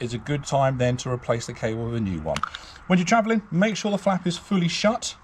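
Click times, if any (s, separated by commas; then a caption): none. A man talks while the electric hookup access flap on the side body panel of a WildAx Pulsar Mk2 campervan is handled. The clip ends before the flap is pushed shut, so nothing has seated or clicked yet.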